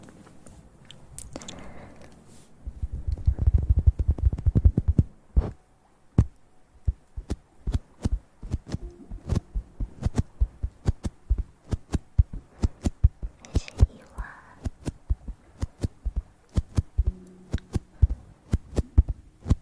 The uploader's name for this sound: Sounds close to the mouth!